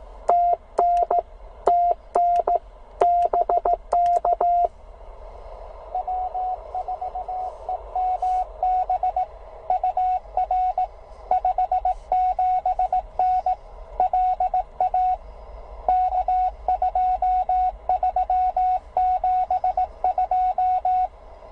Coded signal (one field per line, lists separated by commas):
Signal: Morse code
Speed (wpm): 16 wpm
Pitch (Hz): 720 Hz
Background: radio noise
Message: TN TN BK W4EMB UR 57N LA K2372